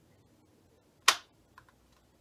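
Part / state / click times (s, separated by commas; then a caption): angled foot clip into mounting channel / seated / 1.1 s. A plastic angled foot clip, its side tabs squeezed, is pushed up into a mounting channel, apparently for an Insty Connect 4G12 setup, and snaps in with one sharp, bright click at 1.1 s. Two faint small ticks follow at about 1.6 s and 1.7 s over a quiet background. The clip is seated solidly in the channel and won't come back out.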